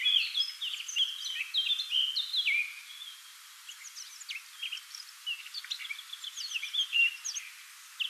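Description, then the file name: Eurasian Blackcap song: a continuous chattering warble with quick scratchy notes and fluty slurs running throughout, louder at the start. "Sylvia atricapilla"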